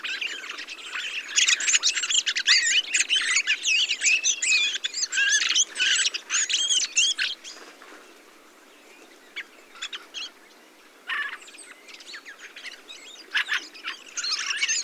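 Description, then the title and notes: Thrushes in a busy overlapping chorus of chattering whistles for about seven seconds, then a near lull with scattered notes before the flock resumes. Large mixed flock of mistle thrushes, song thrushes, redwings and fieldfares with some blackbirds feeding on abundant berries, watching together for sparrowhawk and goshawk; blue sky; Montagne du Puy, Drôme, France; 22 November 2020; Nagra recorder with Telinga parabola. "POT-POURRI DE GRIVES. 22 novembre 2020-Montagne du Puy - Drôme. Grives draine, musicienne, mauvis et litorne plus quelques merles"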